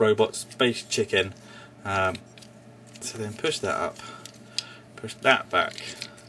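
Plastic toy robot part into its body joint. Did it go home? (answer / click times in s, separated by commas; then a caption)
no / none. A plastic toy robot part is pushed back toward its body joint during a transformation while someone talks, with light plastic handling sounds and a sharp tap near 4.6 s. The part has not popped into place or seated yet.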